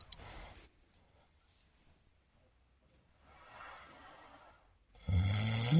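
A man snoring in his sleep: a loud, rough snore is followed by a silent gap of a few seconds, then a soft breath and another harsh snore. The silent pauses between snores are obstructive apneas, moments when his breathing stops during sleep.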